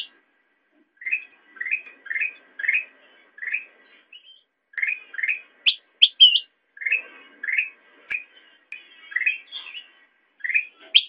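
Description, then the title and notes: Sooty-headed bulbul: evenly spaced, rising chirps, roughly two per second, broken by a few higher, sharper calls. Intended as masteran, training audio for songbirds. "suara burung kutilang buat masteran"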